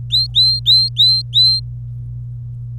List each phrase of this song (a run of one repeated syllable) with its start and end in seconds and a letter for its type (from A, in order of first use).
0.10-1.60 A